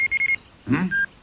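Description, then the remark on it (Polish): An electronic alarm beeps four times in quick succession at a high, steady pitch, then a short muffled burst of noise is followed by one longer beep. “Alarm? Co to ma znaczyć?”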